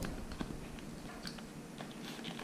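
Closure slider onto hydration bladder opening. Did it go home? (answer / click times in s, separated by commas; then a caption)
no / none. A plastic closure slider is being fitted onto the opening of a Rockrider AM 920 mountain-bike hydration bladder, sliding the closure strip along the edge before locking it. Only small handling sounds, with faint taps and rubs, are heard. Nothing has clicked or locked yet.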